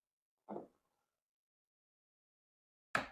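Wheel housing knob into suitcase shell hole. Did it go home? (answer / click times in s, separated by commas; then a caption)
yes / 3.0 s. A replacement wheel assembly for a Samsonite suitcase is lined up so its plastic knob goes into a hole in the suitcase shell, then pushed in. A soft, low bump is heard at about 0.5 s, followed by silence. A sharp, loud snap at 3.0 s confirms the wheel housing has seated in place.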